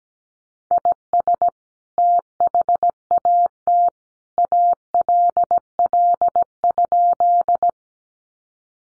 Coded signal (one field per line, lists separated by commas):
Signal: Morse code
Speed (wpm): 17 wpm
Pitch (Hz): 700 Hz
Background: none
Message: IS THAT ALL?